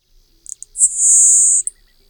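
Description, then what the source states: Le Conte's sparrow singing, two or three tiny high ticks followed by a long, very high, insect-like hissing buzz lasting under a second, then a final short tick. June 2005.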